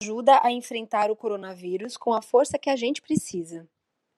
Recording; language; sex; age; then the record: spoken sentence; Brazilian Portuguese; female; 30 to 39 years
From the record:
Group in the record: control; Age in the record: 39 years